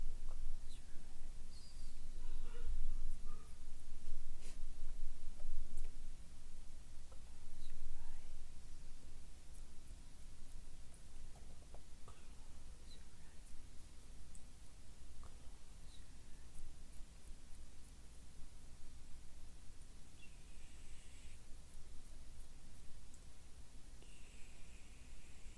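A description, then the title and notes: Quiet hand movements and soft mouth sounds over a steady low hiss and rumble. Small clicks, rustles and brief wet smacks come scattered throughout, busier in the first six seconds, with a few higher squeaky or breathy bits later, near twenty and twenty-four seconds. ASMR PLUCKING NEGATIVE ENERGY ASMR CLEANING ENERGY, ASMR HAND MOVEMENTS MOUTH SOUNDS.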